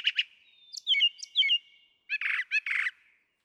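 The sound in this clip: Brown Thrasher song fragment: doubled chirps, slurred whistled notes, then a few harsh buzzy notes ending in silence.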